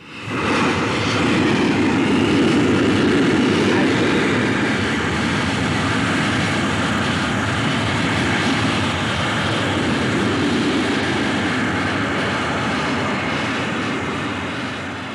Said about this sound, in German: Das war der Prüfstandversuch eines der künftigen Großtriebwerke.